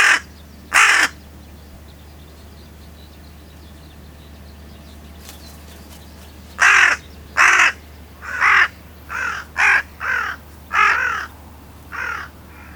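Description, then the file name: Carrion crow giving loud hoarse caws, a couple early, then a run of several rasping caws; low background hum throughout. "Corvus corone"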